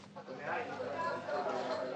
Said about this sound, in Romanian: Ce se aude? Ce se petrece în stradă? De ce strigă mulțimea? Majestate? Din ordinul regelui, aflați de ce strigă mulțimea.